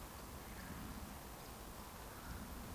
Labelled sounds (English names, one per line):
Eurasian Woodcock whistle
Eurasian Woodcock chase call